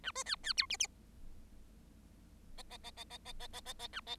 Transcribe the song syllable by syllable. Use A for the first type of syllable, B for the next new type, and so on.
A B C C D E E F F F F F F F F F F A F